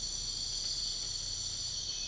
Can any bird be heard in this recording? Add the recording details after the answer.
no. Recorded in dense forest near Puerto Asís, Putumayo, Colombia, on 13 March 2025 at 04:30. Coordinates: 0.484, -76.325. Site G045